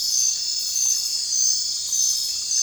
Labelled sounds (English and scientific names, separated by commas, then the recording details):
none
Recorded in dense forest near Puerto Asís, Putumayo, Colombia, on 21 December 2024 at 21:00
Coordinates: 0.467, -76.328
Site GP05